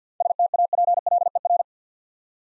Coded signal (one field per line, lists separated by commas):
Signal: Morse code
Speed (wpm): 51 wpm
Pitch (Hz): 700 Hz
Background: none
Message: STAPLER